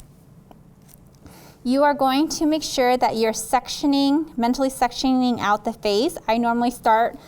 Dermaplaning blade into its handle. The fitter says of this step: and you're just going to slide that blade and i'm just going to slide it right in it's going to click into place